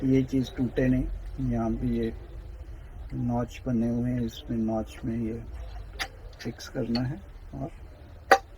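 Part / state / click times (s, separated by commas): lid onto humidifier water chamber / seated / 8.3 s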